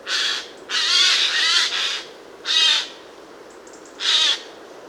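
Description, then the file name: Eurasian jay giving harsh, rasping screeches: a few broad noisy bursts, one much longer than the rest. "Garrulus glandarius"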